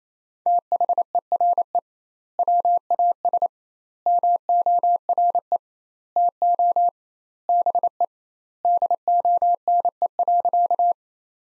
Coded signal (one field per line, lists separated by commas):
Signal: Morse code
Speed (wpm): 27 wpm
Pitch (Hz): 700 Hz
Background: none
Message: THERE WAS MORE TO BE DONE.